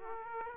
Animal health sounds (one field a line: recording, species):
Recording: mosquito wingbeat signal from an infrared sensor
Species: Aedes aegypti